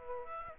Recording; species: mosquito wingbeat signal from an infrared sensor; Aedes aegypti